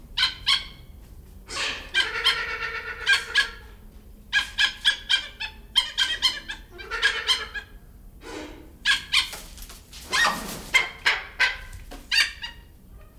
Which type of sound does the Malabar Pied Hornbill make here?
call